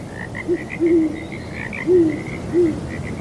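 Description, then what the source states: Owl gives a few low, soft hoots in an irregular rhythm over a busy frog chorus. Breezy night; owls hooting together with frogs.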